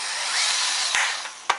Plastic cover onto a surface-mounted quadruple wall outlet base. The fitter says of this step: щёлкнула типа встала на место или сломалась